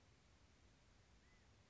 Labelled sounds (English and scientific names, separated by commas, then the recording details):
California Quail (Callipepla californica)
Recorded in Sonoma County, California